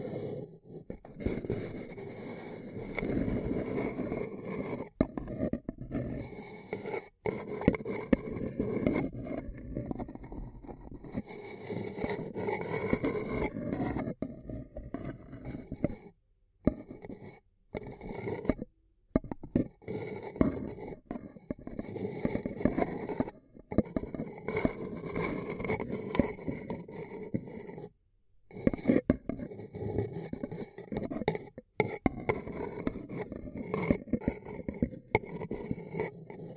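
Ear cupping, close and muffled: hands press and rub over the microphone in dense, rumbling swishes that sit low and warm with little brightness. The rubbing runs nearly continuously, broken by brief pauses of near silence around 16, 19, 28 and 31 seconds.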